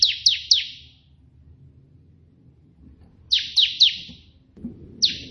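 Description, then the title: Prinia singing short bursts of three sharp, descending chips separated by a pause, over a steady low rumble. A white prenjak singing three variations of the 'tembakan' song style, suitable as tutor song for training pet prenjak. "3 VARIASI TEMBAKAN prenjak putih ini COCOK untuk masteran prenjak anda"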